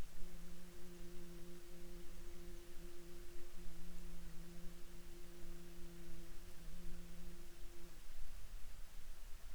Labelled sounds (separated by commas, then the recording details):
bird, water, insects
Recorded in Ivvavik National Park, Yukon, on 18 June 2019 at 07:26
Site SINP06